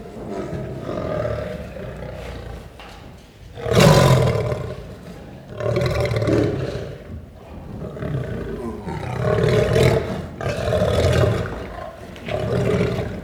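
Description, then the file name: Lion giving deep rumbling growls that swell into several loud, surging roars. Growling and roaring. "Het grommen en brullen van een leeuw - Beeld en Geluid"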